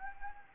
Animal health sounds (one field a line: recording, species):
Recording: mosquito wingbeat signal from an infrared sensor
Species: Anopheles arabiensis